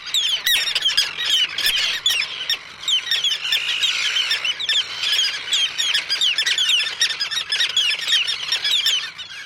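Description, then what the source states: Terns giving angry cries, many harsh repeated calls overlapping in a steady noisy colony chorus, rising and falling in loudness throughout. Common terns and endangered roseate terns at nesting colony on Faulkner Island off Guilford, Connecticut, Long Island Sound, during nest count; angry defensive cries meaning keep out.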